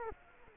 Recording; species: mosquito wingbeat signal from an infrared sensor; Culex quinquefasciatus